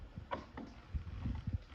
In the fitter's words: that's clicked in now, so I didn't use too much force, I just sort of wiggled it.